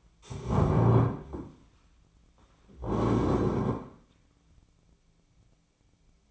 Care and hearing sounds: daily activity, microphone in the room; stand up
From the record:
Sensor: 1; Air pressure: 1009.3 hPa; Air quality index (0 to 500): 178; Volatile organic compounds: 3 ppm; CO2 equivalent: 1502 ppm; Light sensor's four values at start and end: 43/115/48/57 and 41/108/45/53

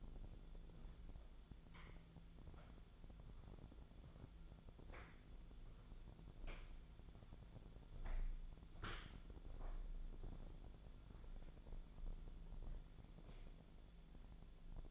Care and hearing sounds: daily activity, microphone in the room; walk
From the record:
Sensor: 5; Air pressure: 1008.5 hPa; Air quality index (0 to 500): 155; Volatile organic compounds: 3 ppm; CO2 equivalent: 1496 ppm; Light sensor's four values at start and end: 67/184/73/74 and 67/184/73/74

